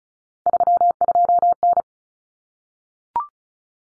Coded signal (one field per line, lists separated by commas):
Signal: Morse code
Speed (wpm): 34 wpm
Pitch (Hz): 700 Hz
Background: none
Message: 32N